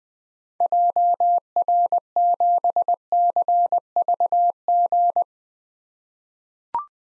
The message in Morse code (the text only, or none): JR7CVG